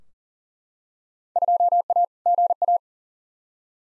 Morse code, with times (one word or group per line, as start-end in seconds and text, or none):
1.4-2.0 2A
2.3-2.8 GA